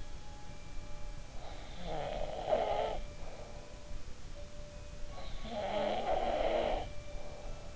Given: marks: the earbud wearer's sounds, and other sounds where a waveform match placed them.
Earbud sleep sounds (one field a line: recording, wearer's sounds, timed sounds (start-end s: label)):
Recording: sounds in sleep by an in-ear microphone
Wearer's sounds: snoring breath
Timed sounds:
0.00-7.75 s: sound from someone else or the room
1.74-3.73 s: snoring breath
5.42-7.75 s: snoring breath